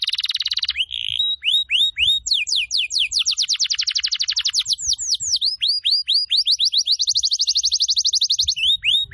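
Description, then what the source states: Canary song: a dense buzzy burst, then alternating tours of down-slurred whistles and fast rolling trills, each phrase repeated many times. Canary song recording used as a lure to attract birds.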